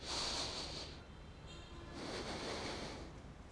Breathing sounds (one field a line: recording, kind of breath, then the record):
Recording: one breath in and out by a microphone near the nose and mouth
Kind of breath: deep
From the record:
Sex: male